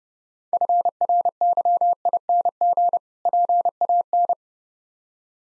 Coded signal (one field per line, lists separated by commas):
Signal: Morse code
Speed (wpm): 33 wpm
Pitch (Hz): 700 Hz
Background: none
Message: FRYING PAN